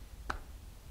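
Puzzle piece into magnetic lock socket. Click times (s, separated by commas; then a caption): 0.3 s. A puzzle piece is placed into its magnetic socket in an escape-room lock mechanism, giving a single sharp, bright click at 0.3 s against a quiet background. The piece seats firmly with a positive click.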